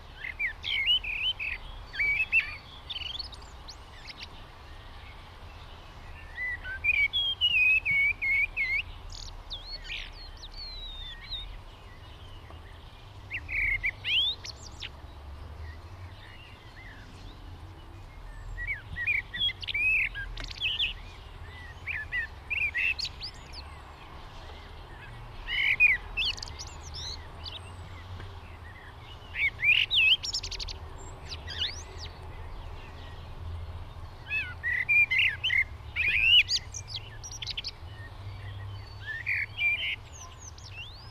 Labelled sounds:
Common Blackbird (Turdus merula) song
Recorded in the wild
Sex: male
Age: adult
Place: Garmisch-Partenkirchen, Bayern, DE
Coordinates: 47.4903, 11.0708
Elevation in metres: 709
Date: 1967-04-02
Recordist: Tretzel, Erwin

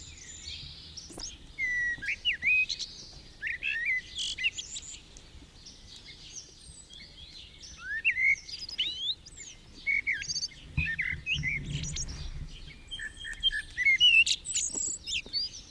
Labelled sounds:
Common Blackbird (Turdus merula) song
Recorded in the wild
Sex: male
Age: adult
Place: Garmisch-Partenkirchen, Bayern, DE
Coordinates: 47.4933, 11.0806
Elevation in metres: 703
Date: 1969-04-13
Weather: Schneefall
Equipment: Uher 4000 Report
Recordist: Tretzel, Erwin

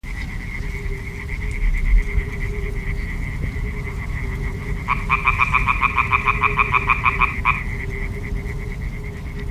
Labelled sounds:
Common Tree Frog (Hyla arborea) call
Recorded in the wild
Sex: male
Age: adult
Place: Parsteiner See, Barnim, Brandenburg, DE
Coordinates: 52.9578, 13.9856
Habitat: reed
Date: 2006-05-09 21:40
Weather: klare Nacht, 15°C, schwacher bis mäßiger Nordwind
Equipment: Marantz PMD 660, Sennheiser MKH 70, Windkorb
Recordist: Frommolt, Karl-Heinz

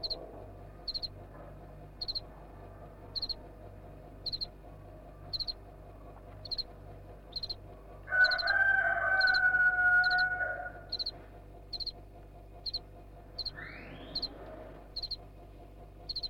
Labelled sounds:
House Cricket (Acheta domesticus)
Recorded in captivity
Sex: male
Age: imago
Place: DE
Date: 1962-02-06 14:00
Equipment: Smaragd, Grundig-Mikrofon
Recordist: unbekannt, keine Angabe
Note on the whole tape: Versuch 7: Balzgesang von Männchen 1, nachdem Weibchen ca. 14.00 Uhr hereingelassen wurde

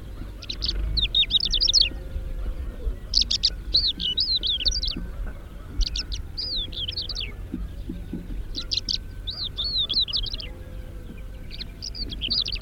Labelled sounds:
Greater Short-toed Lark (Calandrella brachydactyla) song
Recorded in the wild
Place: Albesti, Transilvania, RO
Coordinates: 46.258, 24.86
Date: 1973-04-29 07:05
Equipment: Nagra III BH, Sennheiser MD 21, parabola
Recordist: Schubert, Michael

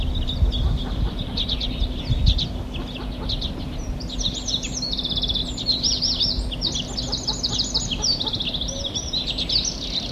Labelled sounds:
Common Redpoll (Carduelis flammea)
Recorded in the wild
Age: adult
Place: Mirnock, Kärnten, AT
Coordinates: 46.758, 13.714
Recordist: Brunner, Thomas

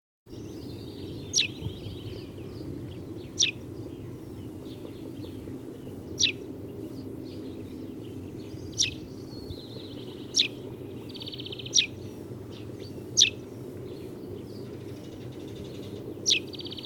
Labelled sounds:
Eurasian Tree Sparrow (Passer montanus) call
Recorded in the wild
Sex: female
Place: Schönfeld, Brandenburg, DE
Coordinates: 53.396, 14.001
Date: 1988-04-30 08:40
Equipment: Nagra III BH, Sennheiser MD 21, parabola
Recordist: Schubert, Michael
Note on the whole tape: Einzelnes Feldsperling - Männchen

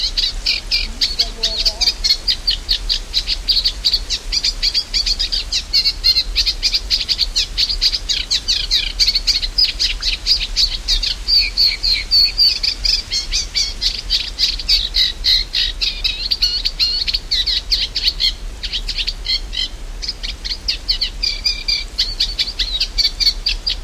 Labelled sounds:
Eurasian Reed Warbler (Acrocephalus scirpaceus) song
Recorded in the wild
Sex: male
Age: adult
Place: Mühlenbeck, Brandenburg, DE
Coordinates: 52.6928, 13.395
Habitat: lake
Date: 1991-07-28 11:50
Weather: sunny, 22-24°C, gusty winds
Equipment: Marantz CP 430, Kopie Tesla B 116
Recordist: Tembrock, Günter

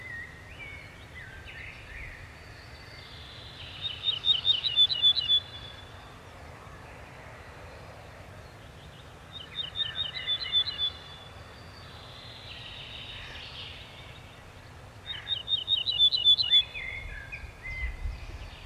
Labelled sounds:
Ortolan Bunting (Emberiza hortulana)
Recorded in the wild
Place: Schloß Holte-Stukenbrock, Senne, Nordrhein-Westfalen, DE
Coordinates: 51.8856, 8.66111
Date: 1973-05-20
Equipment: Uher 4200 Report Stereo, Bändchenmikro Beyer M 260, Parabolspiegel Polyester (600 mm)
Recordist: Conrads, Klaus

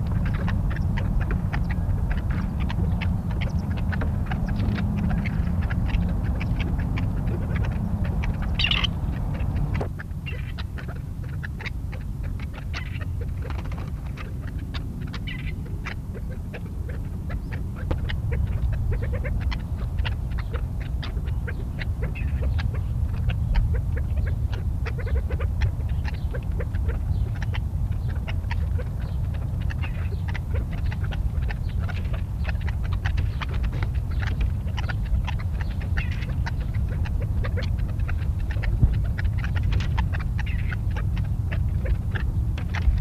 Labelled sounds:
Grey Partridge (Perdix perdix) call
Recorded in captivity
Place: Mittelstendorf (Soltau), Niedersachsen, DE
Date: 1978-07-30
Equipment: Halbspur, 9,5 cm/s
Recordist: Lütgens, Hans

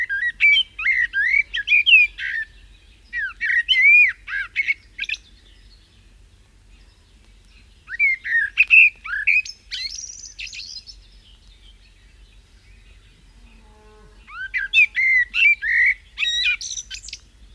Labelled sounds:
Common Blackbird (Turdus merula) song
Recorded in the wild
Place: Siggermow, Insel Rügen, Mecklenburg-Vorpommern, DE
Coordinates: 54.391, 13.461
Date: 1971-05-29
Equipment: Nagra III BH, Sennheiser MD 21, parabola
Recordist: Schubert, Michael

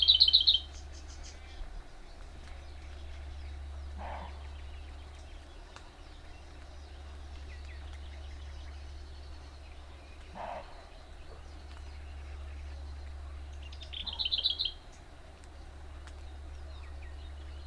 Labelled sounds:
Lesser Whitethroat (Sylvia curruca) song
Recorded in the wild
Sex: male
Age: adult
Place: Gartz (Oder), Nationalpark Unteres Odertal, Brandenburg, DE
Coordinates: 53.1322, 14.377
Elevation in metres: 1
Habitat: willows
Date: 2014-05-07 20:44
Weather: cloudy, 18°C, almost windless
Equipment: Sound Devices 702, Sennheiser MKH 70, Rycote Windschutz
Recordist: Frommolt, Karl-Heinz

